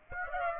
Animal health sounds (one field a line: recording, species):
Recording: mosquito wingbeat signal from an infrared sensor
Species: Aedes aegypti